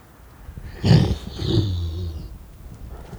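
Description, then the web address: Wolf giving a low, rough growl lasting about a second and a half, over a low rumbling background. Captive wolf recorded in 2010 at Nyíregyháza Zoo, Hungary, with a windscreen on the microphone. "nyiregyhazizoo 2010 standardt farkas"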